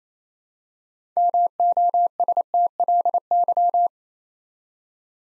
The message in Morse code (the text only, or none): MOSTLY